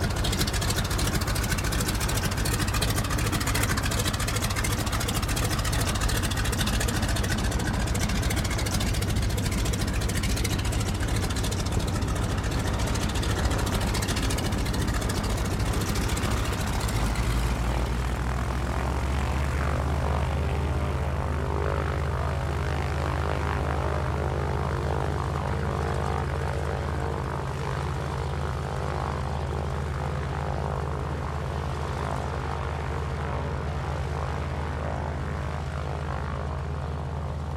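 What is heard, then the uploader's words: A single-prop bush plane's piston engine drones loudly and steadily, its deep throb shifting lower and smoother after about seventeen seconds as wind noise fades. De Havilland Canada DHC - 2 Beaver. Single prop, piston-driven, STOL bush plane.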